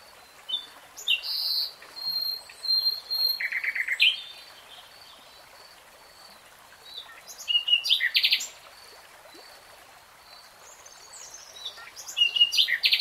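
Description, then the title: Nightingale: song phrases of short buzzy trills and chirps in bursts, separated by quiet gaps. Singing, in real time. "[Tiếng chim hót] REALTIME Nightingale Singing"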